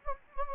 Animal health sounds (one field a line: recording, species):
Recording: mosquito wingbeat signal from an infrared sensor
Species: Anopheles gambiae